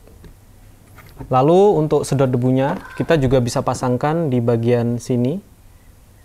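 A dust extraction adapter is being handled at the shoe of a DeWALT DCS331N jigsaw (bare unit), but it has not yet been pushed home and nothing has seated or clicked. Someone talks through most of the clip, with a faint short tap near 0.2 seconds and quiet room tone otherwise.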